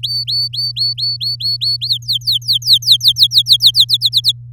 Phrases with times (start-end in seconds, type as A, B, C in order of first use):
0.03-1.88 A, 1.89-3.85 B, 3.88-4.32 C